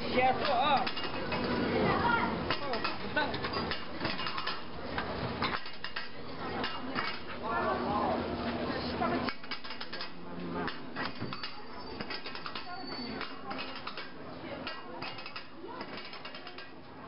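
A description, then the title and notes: A chef prepares soup at an outdoor market stall, with clinks and knocks of pots and utensils scattered through the clip. Voices murmur and talk around the stall throughout, louder in the first half and easing slightly toward the end. The sounds of a chef preparing soup on an outside stove in the Beiyuanmen Muslim Market of Xi'an, China. Chef preparing soup at market.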